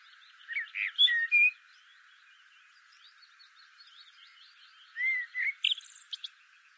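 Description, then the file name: Eurasian blackbird singing a short fluty, warbled phrase of whistled notes, a pause of several seconds, then another phrase ending in a high, squeaky twitter. "Turdus merula"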